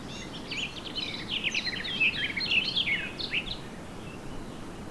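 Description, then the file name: Eurasian blackcap delivering a fast, rich warbling phrase of mixed scratchy and fluty notes lasting a few seconds, then fading, over low background noise. "Sylvia atricapilla"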